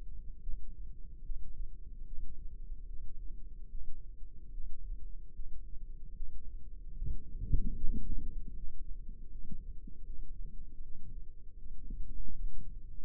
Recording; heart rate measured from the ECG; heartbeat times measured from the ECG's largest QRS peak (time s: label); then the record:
heart sounds by microphone in the left ear; 76 bpm
0.40 s: heartbeat
1.22 s: heartbeat
2.04 s: heartbeat
2.85 s: heartbeat
3.67 s: heartbeat
4.50 s: heartbeat
5.32 s: heartbeat
6.13 s: heartbeat
6.95 s: heartbeat
7.75 s: heartbeat
8.53 s: heartbeat
9.29 s: heartbeat
10.03 s: heartbeat
10.80 s: heartbeat
11.56 s: heartbeat
12.31 s: heartbeat
12.99 s: heartbeat
From the record:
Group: healthy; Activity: Valsalva maneuver 0-7 s, rest 7-13 s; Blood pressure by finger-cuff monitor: 102/57 mmHg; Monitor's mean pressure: 71 mmHg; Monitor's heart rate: 74 bpm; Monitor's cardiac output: 6.1 L/min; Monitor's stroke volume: 82 mL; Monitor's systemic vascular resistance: 830 dyn s/cm5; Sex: female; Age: 26 years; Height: 165 cm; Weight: 55 kg